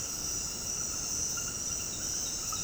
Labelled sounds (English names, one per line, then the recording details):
none
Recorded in dense forest near Puerto Asís, Putumayo, Colombia, on 21 February 2024 at 21:00
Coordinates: 0.486, -76.316
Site G6437